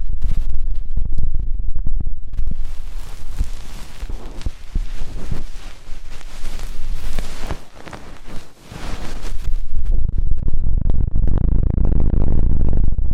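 Deep ear cleaning: loud, close scraping and rustling that fills the whole range from about 2 to 10 seconds, dense with quick crackling scratches. The first two seconds and the final stretch are heavier, muffled rumbling and thumping, with a brief dip in loudness near 8.5 seconds.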